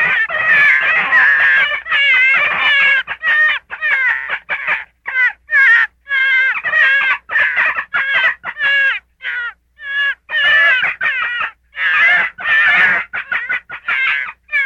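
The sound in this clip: Gray fox giving an extended bout of trembling, whining yelps and chatters, some notes sliding downward, in irregular clusters.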